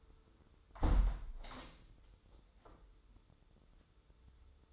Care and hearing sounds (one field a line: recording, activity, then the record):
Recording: daily activity, microphone in the room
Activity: close window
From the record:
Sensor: 3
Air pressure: 995.8 hPa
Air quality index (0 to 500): 94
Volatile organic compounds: 12 ppm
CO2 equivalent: 2354 ppm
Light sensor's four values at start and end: 28/83/35/30 and 27/82/35/30